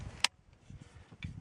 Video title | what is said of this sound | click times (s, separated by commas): SIG ACP Enhanced | and once that's locked into place | 0.2 s